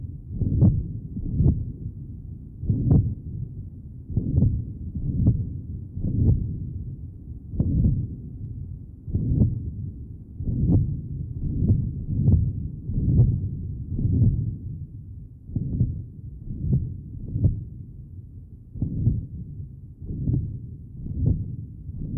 Age 62, with patent ductus arteriosus. Recording taken at pulmonary area. Note the continuous murmur in this area.